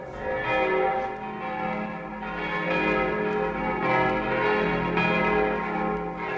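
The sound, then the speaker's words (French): The church bells of Notre-Dame peal continuously to mark the end of mass on a Sunday, several loud strikes overlapping so their rich, ringing tones blend into a sustained, shimmering wash with no voices. “alors que par un beau dimanche de la Quasimodo, les cloches de Notre-Dame sonnent la fin de la messe.”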